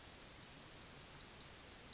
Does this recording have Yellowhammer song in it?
yes